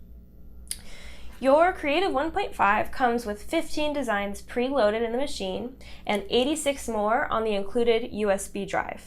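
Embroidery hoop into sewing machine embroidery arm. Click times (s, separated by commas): 0.7 s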